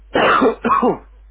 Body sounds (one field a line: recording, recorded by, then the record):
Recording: voluntary cough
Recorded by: telephone call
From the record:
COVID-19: positive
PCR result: self-reported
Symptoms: no